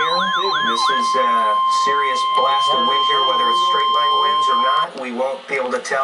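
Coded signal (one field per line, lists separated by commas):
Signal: Emergency Alert System (SAME) tones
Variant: 1050 Hz attention tone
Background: speech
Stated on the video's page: NOAA weather radio severe thunderstorm warning.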